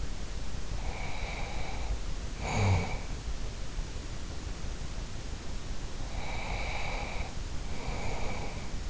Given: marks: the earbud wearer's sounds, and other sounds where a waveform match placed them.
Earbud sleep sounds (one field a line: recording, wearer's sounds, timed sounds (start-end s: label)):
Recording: sounds in sleep by an in-ear microphone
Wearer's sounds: snoring breath, breath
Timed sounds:
0.73-3.14 s: snoring breath
5.95-8.90 s: breath